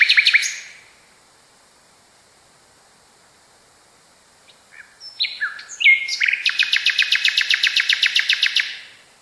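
Nightingale song: a burst of rattling notes, a long pause, then varied whistles building into a rapid, evenly repeated churring trill.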